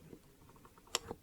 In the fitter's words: push it down till it clicks I had that click then turn it on